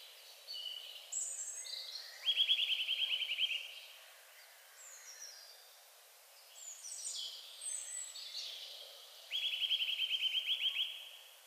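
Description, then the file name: Eurasian nuthatch giving two fast, even trills of clipped notes about seven seconds apart, with other high chirps in between. "Sitta europaea"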